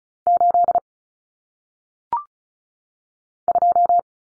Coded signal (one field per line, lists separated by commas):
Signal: Morse code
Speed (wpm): 34 wpm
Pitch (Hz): 700 Hz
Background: none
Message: 8 2